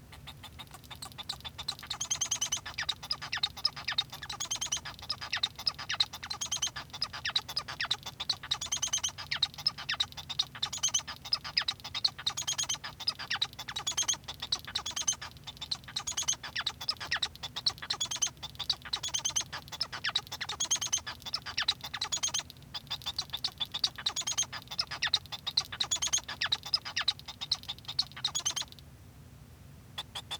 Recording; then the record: song of a male Bengalese finch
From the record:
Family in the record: son of father 1